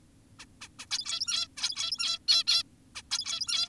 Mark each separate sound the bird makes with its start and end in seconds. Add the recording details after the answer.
0.39-0.46, 0.61-0.68, 0.79-0.86, 0.91-1.48, 1.57-2.19, 2.28-2.44, 2.47-2.63, 2.96-3.02, 3.11-3.69. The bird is an adult. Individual g17y2U